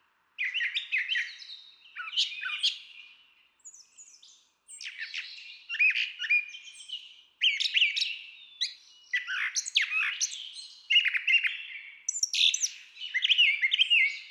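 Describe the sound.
Brown Thrasher singing a long, varied sequence of harsh and musical phrases, each brief phrase following closely on the last.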